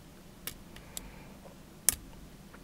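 A hook pick works pin 4 upward in a pin-tumbler lock cylinder, likely a Metal X6S, with faint light ticks at about 0.5 s, 1.0 s and 2.7 s. At 1.9 s a sharp, much louder click is heard as the pin sets.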